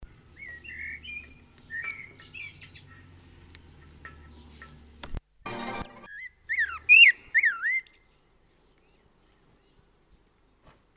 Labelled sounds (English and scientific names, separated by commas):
Common Blackbird (Turdus merula) song